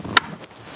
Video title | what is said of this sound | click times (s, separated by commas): Graco Turn2Me™ 3-in-1 Rotating Car Seat Installation Review | I want to hear a click I believe | 0.2 s